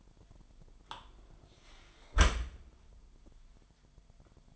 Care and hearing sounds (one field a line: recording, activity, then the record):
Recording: daily activity, microphone in the room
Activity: close dishwasher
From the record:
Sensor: 5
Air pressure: 998.3 hPa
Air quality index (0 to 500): 86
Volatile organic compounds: 2 ppm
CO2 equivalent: 977 ppm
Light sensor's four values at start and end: 20/47/20/22 and 20/46/19/21